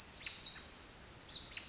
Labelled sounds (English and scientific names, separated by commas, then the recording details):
Pacific Wren (Troglodytes pacificus)
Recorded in Sonoma County, California